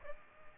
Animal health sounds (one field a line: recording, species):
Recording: mosquito wingbeat signal from an infrared sensor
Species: Aedes aegypti